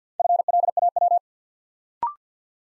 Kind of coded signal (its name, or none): Morse code